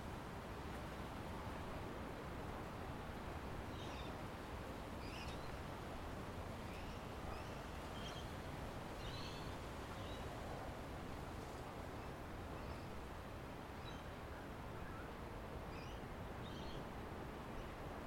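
Steady, dense surf noise washes over Tamarama Beach near Bondi, a constant low roar with no breaks across the whole stretch. Brief chirps of birds flicker above it every few seconds, scattered throughout.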